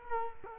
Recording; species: mosquito wingbeat signal from an infrared sensor; Culex quinquefasciatus